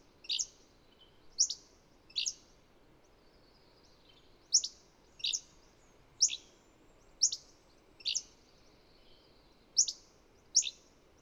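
Bird chirps, sharp high descending notes given one by one or in quick pairs, at intervals of about one to two seconds, with faint hiss behind.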